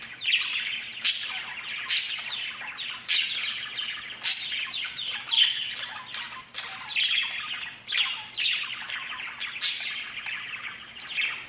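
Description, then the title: Budgerigar chatter with sharp downward chirps about once a second over continuous soft warbling. "Budgie Sounds"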